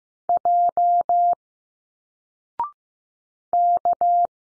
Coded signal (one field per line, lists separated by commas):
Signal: Morse code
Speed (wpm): 15 wpm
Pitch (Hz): 700 Hz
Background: none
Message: J K